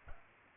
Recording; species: mosquito wingbeat signal from an infrared sensor; Culex pipiens